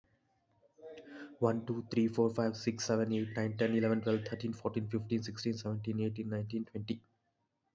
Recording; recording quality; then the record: counting at a fast pace; excellent, no background noise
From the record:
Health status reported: COVID-19 positive, mild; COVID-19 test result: positive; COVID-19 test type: RT-PCR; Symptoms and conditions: cold, sore throat, fever, fatigue, muscle pain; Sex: male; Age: 26 years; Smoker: no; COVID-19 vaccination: both doses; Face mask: not worn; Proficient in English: yes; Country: India